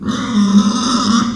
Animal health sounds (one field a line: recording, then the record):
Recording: squeal of a Yucatan mini pig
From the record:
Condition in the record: after surgery on the right vocal fold (resection and tissue-engineered implant)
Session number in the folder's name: 13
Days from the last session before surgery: 113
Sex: female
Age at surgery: 19 weeks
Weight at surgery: 25 kg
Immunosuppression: prednisolone